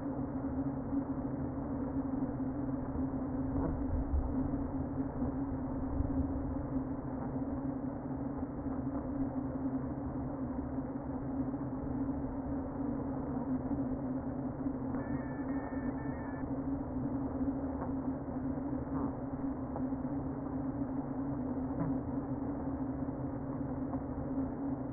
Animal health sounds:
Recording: honeybee colony, microphone inside the hive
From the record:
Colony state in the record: queen present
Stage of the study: before two queens were removed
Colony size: about 60,000 bees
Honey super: yes

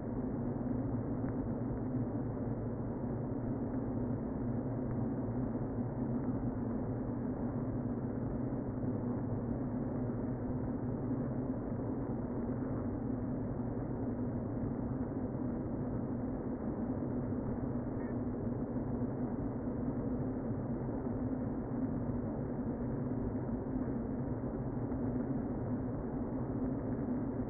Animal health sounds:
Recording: honeybee colony, microphone inside the hive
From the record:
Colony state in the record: queen present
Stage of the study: before two queens were removed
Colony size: about 60,000 bees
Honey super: yes

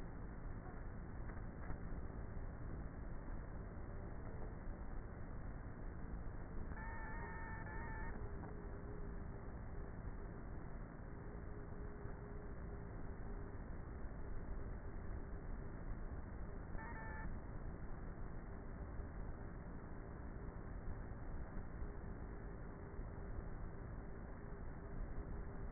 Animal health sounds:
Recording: honeybee colony, microphone inside the hive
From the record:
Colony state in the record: queenless with a low population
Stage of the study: before two queens were removed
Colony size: about 30,000 bees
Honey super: no

